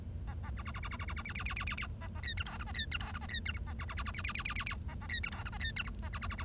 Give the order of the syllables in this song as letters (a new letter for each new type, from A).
A A B B B B B B B B C C C C C C A A D E F G A D E F G A D E H A B B B B C C C C C C A A D E F G A D E H A B B B B